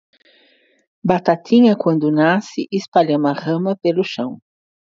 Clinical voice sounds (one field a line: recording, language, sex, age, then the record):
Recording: short text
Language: Brazilian Portuguese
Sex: female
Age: 60 to 69 years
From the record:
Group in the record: control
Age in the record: 62 years